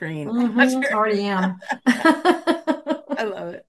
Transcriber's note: laughs